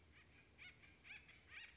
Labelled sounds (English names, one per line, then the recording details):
Acorn Woodpecker
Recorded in Sonoma County, California